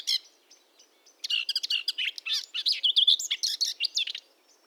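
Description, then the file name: Eurasian blackcap song: a few scattered chips, then a fast, jumbled warble of chattering and whistled notes lasting about three seconds. "Sylvia atricapilla"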